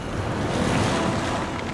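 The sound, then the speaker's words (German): Steady beach surf at sunset at Santa Maria del Mar near Havana, with a broad, rushing wash of waves, constant and fairly loud, with some low wind rumble and no voices. “Ich sitze in Santa Maria del Mar im Sand und genieße den Sonnenuntergang.”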